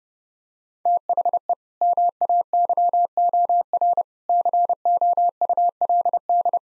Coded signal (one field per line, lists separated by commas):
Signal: Morse code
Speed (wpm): 30 wpm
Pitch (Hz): 700 Hz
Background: none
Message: THE MAYOR COULD